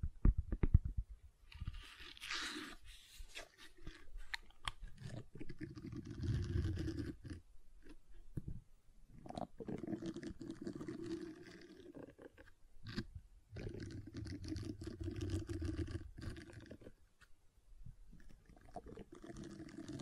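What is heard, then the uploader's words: Gentle silicone sounds: soft, squishy rubbing and pressing with a low, muffled, rumbling quality. The handling comes in bursts of a second or two, separated by brief near-silent pauses, with occasional small clicks and a thin brighter hiss during some strokes. ASMR Gentle Silicon Sounds for Sleep (No Talking).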